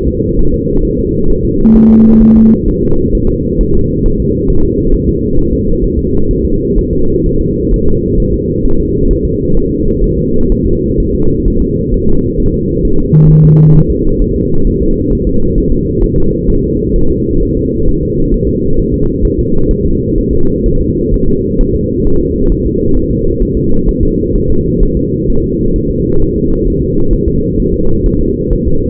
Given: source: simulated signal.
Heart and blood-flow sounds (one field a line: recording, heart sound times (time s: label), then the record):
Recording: fetal heart sounds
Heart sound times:
0.07 s: S2
0.39 s: S1
0.54 s: S2
0.85 s: S1
0.99 s: S2
1.30 s: S1
1.45 s: S2
1.76 s: S1
1.90 s: S2
2.22 s: S1
2.36 s: S2
2.68 s: S1
2.83 s: S2
3.15 s: S1
3.29 s: S2
3.61 s: S1
3.75 s: S2
4.06 s: S1
4.20 s: S2
4.50 s: S1
4.65 s: S2
4.94 s: S1
5.09 s: S2
5.39 s: S1
5.53 s: S2
5.84 s: S1
5.99 s: S2
6.31 s: S1
6.45 s: S2
6.78 s: S1
6.93 s: S2
7.26 s: S1
7.41 s: S2
7.74 s: S1
7.88 s: S2
8.20 s: S1
8.34 s: S2
8.65 s: S1
8.80 s: S2
9.11 s: S1
9.25 s: S2
9.57 s: S1
9.71 s: S2
10.04 s: S1
10.18 s: S2
10.52 s: S1
10.66 s: S2
11.00 s: S1
11.15 s: S2
11.48 s: S1
11.62 s: S2
11.94 s: S1
12.08 s: S2
12.40 s: S1
12.54 s: S2
12.85 s: S1
13.00 s: S2
13.30 s: S1
13.45 s: S2
13.76 s: S1
13.90 s: S2
14.22 s: S1
14.36 s: S2
14.67 s: S1
14.82 s: S2
15.13 s: S1
15.27 s: S2
15.58 s: S1
15.72 s: S2
16.03 s: S1
16.18 s: S2
16.50 s: S1
16.64 s: S2
16.96 s: S1
17.10 s: S2
17.43 s: S1
17.57 s: S2
17.89 s: S1
18.03 s: S2
18.34 s: S1
18.49 s: S2
18.79 s: S1
18.94 s: S2
19.25 s: S1
19.39 s: S2
19.71 s: S1
19.85 s: S2
20.18 s: S1
20.33 s: S2
20.66 s: S1
20.81 s: S2
21.14 s: S1
21.28 s: S2
21.61 s: S1
21.75 s: S2
22.07 s: S1
22.21 s: S2
22.52 s: S1
22.66 s: S2
22.97 s: S1
23.11 s: S2
23.42 s: S1
23.57 s: S2
23.89 s: S1
24.03 s: S2
24.36 s: S1
24.50 s: S2
24.83 s: S1
24.97 s: S2
25.30 s: S1
25.44 s: S2
25.76 s: S1
25.90 s: S2
26.22 s: S1
26.36 s: S2
26.67 s: S1
26.82 s: S2
27.13 s: S1
27.28 s: S2
27.60 s: S1
27.74 s: S2
28.06 s: S1
28.21 s: S2
28.53 s: S1
28.67 s: S2
From the record:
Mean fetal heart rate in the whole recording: 130 bpm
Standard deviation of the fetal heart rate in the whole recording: 4 bpm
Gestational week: 38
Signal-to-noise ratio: -17.7 dB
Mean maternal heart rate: 72 bpm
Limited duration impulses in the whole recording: present